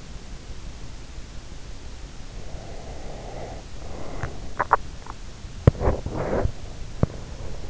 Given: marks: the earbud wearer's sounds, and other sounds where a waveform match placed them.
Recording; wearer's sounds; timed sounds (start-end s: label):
sounds in sleep by an in-ear microphone; breath, teeth grinding
2.49-4.24 s: breath
4.47-7.22 s: teeth grinding
7.05-7.70 s: breath